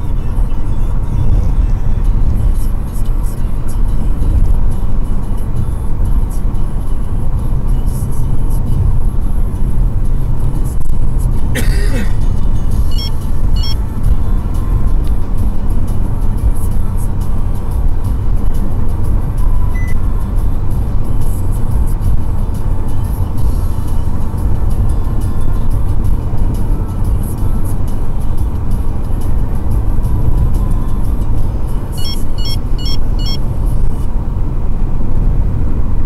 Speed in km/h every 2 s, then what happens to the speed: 85, 88, 86, 87, 82, 80, 85, 88, 90, 93, 93, 94, 94, 93, 92, 90, 89, 87.
0-7 steady at about 86. 7-11 slows to 80. 11-21 speeds up to 94. 21-36 steady at about 92.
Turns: none.